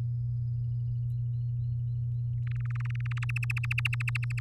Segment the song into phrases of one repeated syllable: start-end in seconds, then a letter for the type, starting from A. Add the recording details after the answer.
2.47-3.31 A, 3.36-4.39 B. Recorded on 7 May 2018 at 16:32. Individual llb16